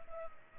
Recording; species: mosquito wingbeat signal from an infrared sensor; Culex pipiens